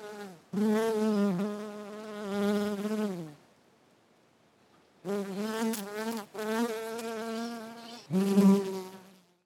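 Bumblebee buzzing, a deep droning hum with rich overtones, in long bouts of a few seconds that waver slightly in pitch, broken by a silent pause.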